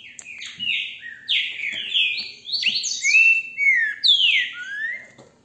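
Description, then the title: Green-winged saltator giving loud slurred whistled notes in quick succession, most sweeping downward. Recorded with a mobile phone held in the hand; song described as beautiful. "GRAVEI COM CELULAR NA MÃO, trinca ferro canto lindo"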